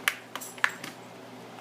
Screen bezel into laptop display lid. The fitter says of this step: You'll hear a little pop of snap.